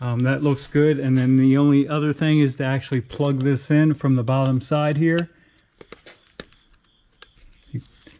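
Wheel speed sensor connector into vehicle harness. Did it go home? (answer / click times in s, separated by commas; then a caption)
yes / 6.4 s. Someone talks for about the first five seconds, then plugs the wheel speed sensor harness connector into the vehicle harness from the bottom side during a wheel bearing and sway bar replacement on a 2006 Buick Rendezvous. Small handling clicks and rustles lead to a sharp snap at 6.4 s as the connector seats, followed by a few quieter ticks.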